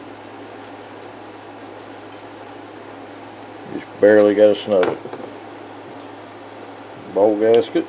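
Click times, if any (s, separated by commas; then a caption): none. The float bowl bolt on the carburetor of a Cabela's/Champion 196cc 3500/4000 watt generator is started and threaded carefully by hand so it does not cross-thread, before being snugged down against the gasket. A steady low hum runs throughout while someone talks around 4–5 s and again near 7–7.7 s. Nothing has seated or clicked yet.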